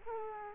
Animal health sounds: mosquito wingbeat signal from an infrared sensor; Culex quinquefasciatus

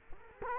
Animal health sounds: mosquito wingbeat signal from an infrared sensor; Culex quinquefasciatus

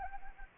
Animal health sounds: mosquito wingbeat signal from an infrared sensor; Anopheles gambiae

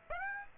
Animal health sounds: mosquito wingbeat signal from an infrared sensor; Aedes aegypti

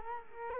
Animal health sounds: mosquito wingbeat signal from an infrared sensor; Culex quinquefasciatus

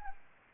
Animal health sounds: mosquito wingbeat signal from an infrared sensor; Anopheles arabiensis

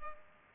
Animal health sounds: mosquito wingbeat signal from an infrared sensor; Culex pipiens

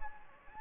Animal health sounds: mosquito wingbeat signal from an infrared sensor; Anopheles gambiae

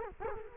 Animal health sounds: mosquito wingbeat signal from an infrared sensor; Culex quinquefasciatus

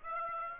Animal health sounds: mosquito wingbeat signal from an infrared sensor; Aedes aegypti

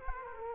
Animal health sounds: mosquito wingbeat signal from an infrared sensor; Culex quinquefasciatus

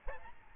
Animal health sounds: mosquito wingbeat signal from an infrared sensor; Aedes albopictus

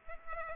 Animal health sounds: mosquito wingbeat signal from an infrared sensor; Aedes aegypti

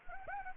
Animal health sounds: mosquito wingbeat signal from an infrared sensor; Anopheles arabiensis

